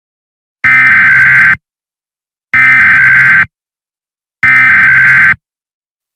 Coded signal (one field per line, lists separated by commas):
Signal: Emergency Alert System (SAME) tones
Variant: header bursts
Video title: EAS Scenario Nightmares